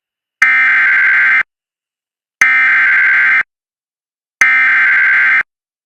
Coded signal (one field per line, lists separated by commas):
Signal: Emergency Alert System (SAME) tones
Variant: header bursts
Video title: US Emergency Alert Systems 2026 (part 7)